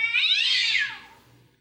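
A cat's loud caterwauling yowl from cats fighting, one drawn-out shrill cry that rises, then slides downward and trails off into quiet after about a second, with no talking.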